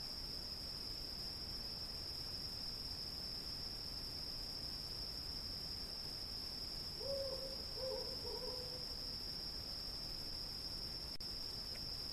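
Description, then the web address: Cricket giving one continuous high, even trill, with a brief cluster of deep hooting notes about seven seconds in and a soft click near the end. "сверчки"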